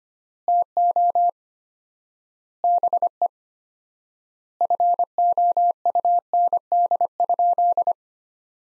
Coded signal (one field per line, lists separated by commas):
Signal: Morse code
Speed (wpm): 25 wpm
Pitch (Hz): 700 Hz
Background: none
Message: TO BE FOUND?